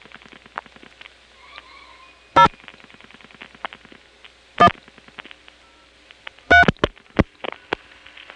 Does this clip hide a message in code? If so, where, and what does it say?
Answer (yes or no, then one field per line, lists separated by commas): yes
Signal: DTMF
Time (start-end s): 2.4-6.6 s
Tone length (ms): 80 ms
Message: 0 1 3